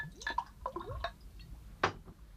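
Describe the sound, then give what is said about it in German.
Whisky glugs and gurgles as it is poured into a glass, with short bubbly bursts and rising tones, then one bright clink of glass near the end. No one speaks. “Ein Whisky ohne.”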